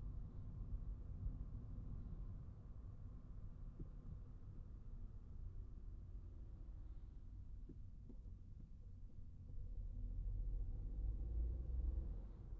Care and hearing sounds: everyday scene through a hearing-aid microphone; in a vehicle; engine, traffic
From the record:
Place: Skoda Fabia, gasoline engine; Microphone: behind the ear, right, front

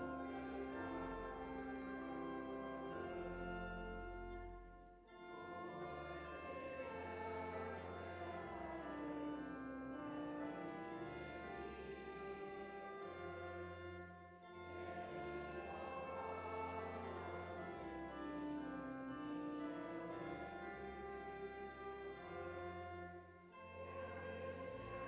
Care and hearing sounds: everyday scene through a hearing-aid microphone; reverberant space; music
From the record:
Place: church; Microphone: behind the ear, left, rear

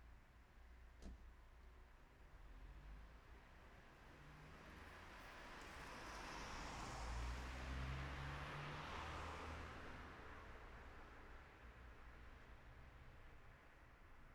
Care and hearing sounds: everyday scene through a hearing-aid microphone; in traffic; traffic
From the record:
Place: city secondary road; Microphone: behind the ear, right, front

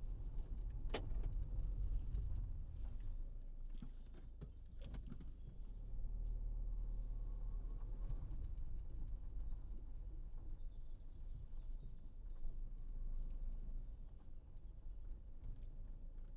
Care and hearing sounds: everyday scene through a hearing-aid microphone; in a vehicle; engine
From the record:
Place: Berlingo II, diesel engine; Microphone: in the ear canal, right

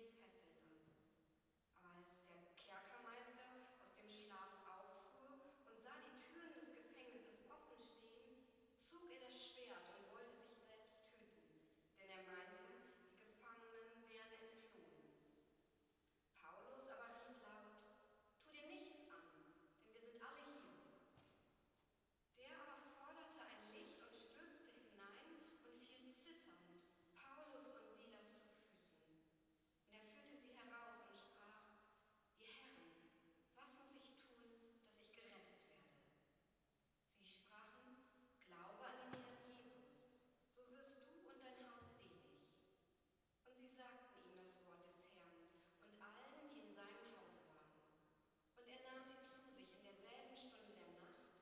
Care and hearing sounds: everyday scene through a hearing-aid microphone; reverberant space; speech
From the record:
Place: church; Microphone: in the ear canal, right

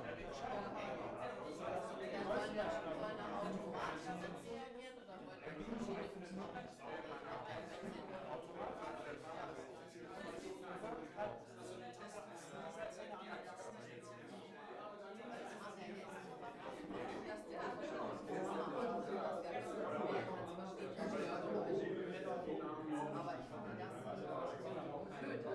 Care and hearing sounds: everyday scene through a hearing-aid microphone; many people talking; many voices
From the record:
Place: bistro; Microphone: behind the ear, right, rear

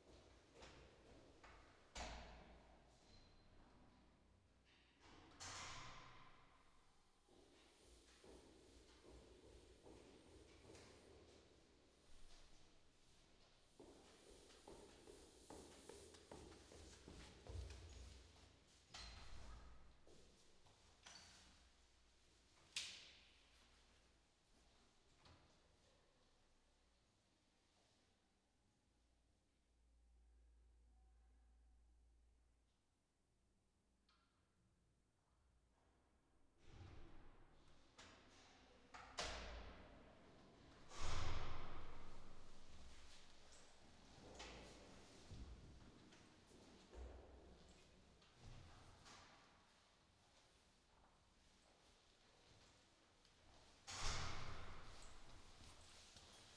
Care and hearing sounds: everyday scene through a hearing-aid microphone; reverberant space; background noise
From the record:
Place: staircase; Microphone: in the ear canal, left

